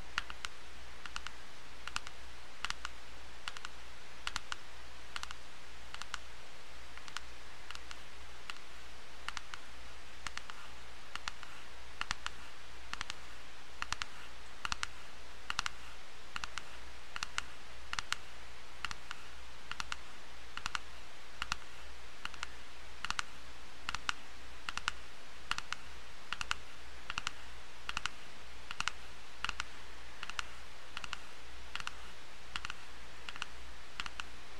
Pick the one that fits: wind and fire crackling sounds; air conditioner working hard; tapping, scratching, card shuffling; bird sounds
tapping, scratching, card shuffling